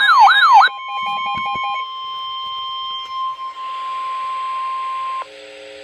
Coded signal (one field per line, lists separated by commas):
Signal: Emergency Alert System (SAME) tones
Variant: 1050 Hz attention tone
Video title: REAL EAS 1437- Flash flood warning